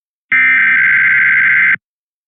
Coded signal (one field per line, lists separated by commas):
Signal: Emergency Alert System (SAME) tones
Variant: header bursts